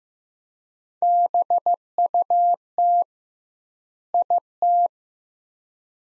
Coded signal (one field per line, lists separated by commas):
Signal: Morse code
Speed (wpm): 15 wpm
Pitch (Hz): 700 Hz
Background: none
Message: BUT IT